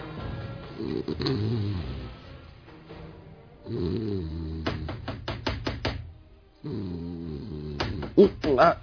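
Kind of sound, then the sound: household object, knocking on a door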